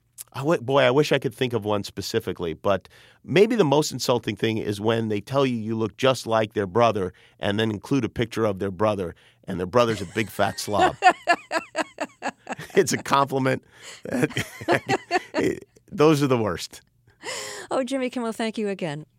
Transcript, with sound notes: I wish I could think of one, specifically. But maybe the most insulting thing is when they tell you you look just like their brother and then include a picture of their brother and their brother's a big fat slob.
(LAUGHTER)
It's a compliment - those are the worst.
Well, Jimmy Kimmel, thank you again.